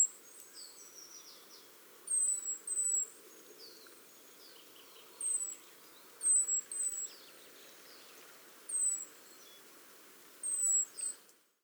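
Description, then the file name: Great tit calling with high, thin, down-slurred notes in pairs and short series, over a steady low background hiss. "Parus major"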